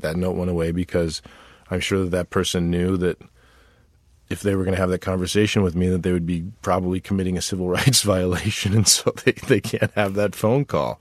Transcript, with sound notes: That note went away because I'm sure that that person knew that if they were going to have that conversation with me that they would be probably committing a civil rights violation (laughter), and so they can't have that phone call.